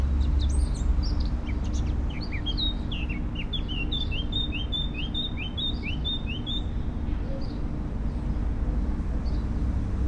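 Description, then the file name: Eurasian blackcap singing: a scratchy, high warble that breaks into a run of clear, fluty notes repeated quickly for several seconds, over a steady low rumble. "Sylvia atricapilla"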